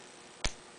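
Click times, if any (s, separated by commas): 0.4 s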